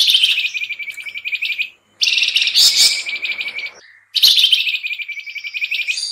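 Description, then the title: Sooty-headed bulbul giving fast, scratchy chatter with rapid pulsed notes in two-second runs, broken by brief pauses. Lure recording (pikat); noisy (ribut) combination calls. "PIKAT KUTILANG RIBUT KOMBINASI"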